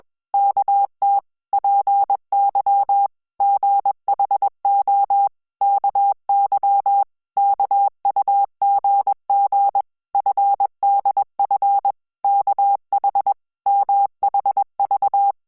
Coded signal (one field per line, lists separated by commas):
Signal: Morse code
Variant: Korean alphabet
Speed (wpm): 21 wpm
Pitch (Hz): 800 Hz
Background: none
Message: 어 제 숲 에 있 는 우 물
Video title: Hangul Morse Code Listening Practice : Frog Prince IV - KOREA A1 CLUB